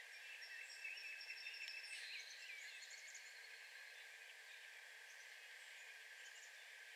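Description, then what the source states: Harris's sparrow song: steady, pure whistled notes held for about two seconds, over faint background hiss. Sings in a yard.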